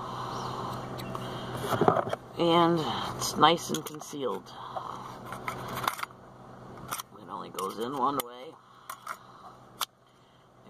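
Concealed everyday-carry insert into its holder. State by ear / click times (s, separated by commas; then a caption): seated / 8.9 s, 9.1 s. A concealed everyday-carry insert is pushed back into its holder, which it only fits one way, while someone talks. Faint handling scrapes run under the talking, then sharp clicks at 8.9 s and 9.1 s mark the insert seating back in the holder.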